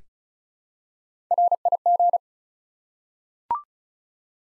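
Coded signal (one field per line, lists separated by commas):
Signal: Morse code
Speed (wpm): 36 wpm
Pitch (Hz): 700 Hz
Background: none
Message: RIG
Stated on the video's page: Head-copy drill of common QSO elements at 35 wpm; each element is sent in Morse, spoken, then sent again.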